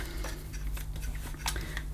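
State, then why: Seated. A plastic handle is pushed back onto the hose end of a Dyson DC28C Musclehead vacuum cleaner. Soft scraping and small knocks lead up to a sharp click at 1.8 s as the handle clicks into place and seats onto the hose.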